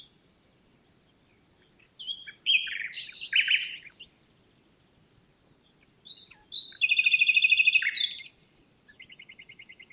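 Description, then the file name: Common nightingale phrases: mixed sharp notes and a rapid rattling trill, ending in a quick repeated pulsed series. "Luscinia megarhynchos"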